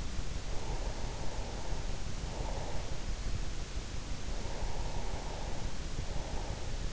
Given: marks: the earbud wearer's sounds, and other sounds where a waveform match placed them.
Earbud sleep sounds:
sounds in sleep by an in-ear microphone; breath
0.44-3.17 s: breath
4.38-6.84 s: breath

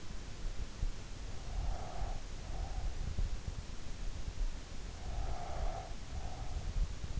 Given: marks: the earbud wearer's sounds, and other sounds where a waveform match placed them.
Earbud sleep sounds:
sounds in sleep by an in-ear microphone; breath
1.13-3.59 s: breath
4.75-7.20 s: breath

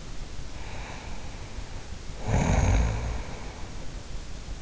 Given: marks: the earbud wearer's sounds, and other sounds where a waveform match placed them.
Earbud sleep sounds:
sounds in sleep by an in-ear microphone; snoring breath
0.23-4.61 s: snoring breath

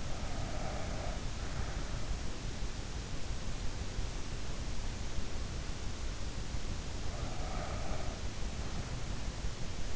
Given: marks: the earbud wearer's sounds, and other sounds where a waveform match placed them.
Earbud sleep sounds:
sounds in sleep by an in-ear microphone; breath
0.00-2.11 s: breath
7.20-9.25 s: breath

